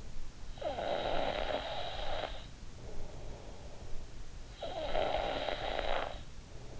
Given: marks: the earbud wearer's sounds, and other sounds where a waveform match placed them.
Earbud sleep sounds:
sounds in sleep by an in-ear microphone; snoring breath
0.37-2.86 s: snoring breath
4.23-6.80 s: snoring breath

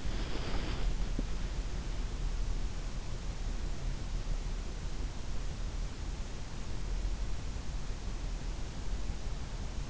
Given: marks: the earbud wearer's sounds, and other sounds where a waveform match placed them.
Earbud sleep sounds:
sounds in sleep by an in-ear microphone; body movement
0.00-1.12 s: body movement

